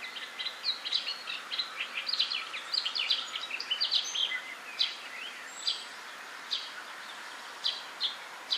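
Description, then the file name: Eurasian blackcap song: a rapid warbled run of varied high notes, then separate sharp chirps about once a second, over steady background hiss. "Sylvia atricapilla"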